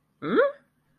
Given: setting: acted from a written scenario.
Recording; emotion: vocal sound without words; confusion